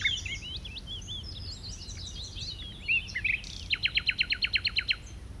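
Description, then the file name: Common nightingale song: tumbling varied whistles, then a loud run of rapid repeated notes, over a steady low background hum. "Luscinia megarhynchos"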